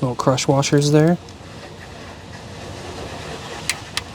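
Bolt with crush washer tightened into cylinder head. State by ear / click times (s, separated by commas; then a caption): torque reached / 3.7 s, 4.0 s. On a 2007 Toyota Corolla, a bolt with a crush washer (likely a valve cover bolt) is tightened into the cylinder head with a torque wrench as someone talks over a low steady hum. After a quiet stretch, a quick double click sounds at 3.7 s and 4.0 s as the torque wrench reaches its setting.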